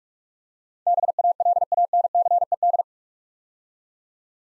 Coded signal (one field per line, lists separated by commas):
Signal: Morse code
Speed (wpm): 44 wpm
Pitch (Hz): 700 Hz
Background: none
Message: BALANCED